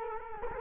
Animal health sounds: mosquito wingbeat signal from an infrared sensor; Culex quinquefasciatus

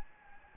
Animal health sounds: mosquito wingbeat signal from an infrared sensor; Anopheles gambiae

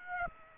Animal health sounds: mosquito wingbeat signal from an infrared sensor; Aedes aegypti

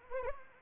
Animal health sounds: mosquito wingbeat signal from an infrared sensor; Anopheles arabiensis

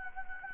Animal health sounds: mosquito wingbeat signal from an infrared sensor; Anopheles gambiae

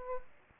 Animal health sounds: mosquito wingbeat signal from an infrared sensor; Aedes aegypti

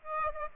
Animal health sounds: mosquito wingbeat signal from an infrared sensor; Aedes aegypti

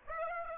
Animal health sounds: mosquito wingbeat signal from an infrared sensor; Aedes aegypti

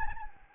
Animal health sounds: mosquito wingbeat signal from an infrared sensor; Anopheles gambiae

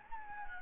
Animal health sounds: mosquito wingbeat signal from an infrared sensor; Anopheles gambiae

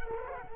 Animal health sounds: mosquito wingbeat signal from an infrared sensor; Culex quinquefasciatus

